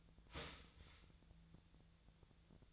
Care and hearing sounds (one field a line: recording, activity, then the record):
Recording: daily activity, microphone in the room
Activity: start toaster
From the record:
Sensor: 3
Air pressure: 1009.3 hPa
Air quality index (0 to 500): 197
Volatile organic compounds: 16 ppm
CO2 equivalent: 2557 ppm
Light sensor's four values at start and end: 32/82/34/37 and 33/82/35/37